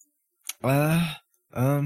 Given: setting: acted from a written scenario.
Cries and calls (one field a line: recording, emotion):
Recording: vocal sound without words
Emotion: embarrassment